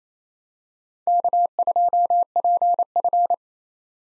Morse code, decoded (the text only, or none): K2PF